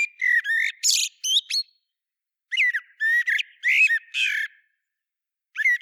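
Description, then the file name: Common blackbird song, rich fluting notes mixed with harsh high squeaks, delivered in busy bursts separated by short silences. "Turdus merula"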